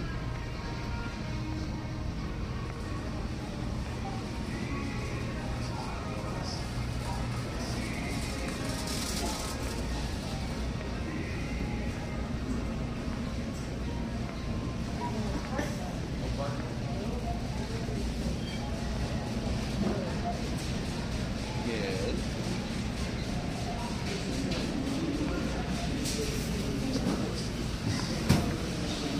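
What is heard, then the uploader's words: Steady murmur of voices and shuffling movement at a bottle return and store counter, with a constant low hum underneath. Brief clatters and clicks pop up now and then, and the level stays even until a sharp knock near the end. Bottle Return Sounds.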